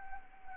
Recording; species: mosquito wingbeat signal from an infrared sensor; Anopheles arabiensis